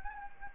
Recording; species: mosquito wingbeat signal from an infrared sensor; Anopheles gambiae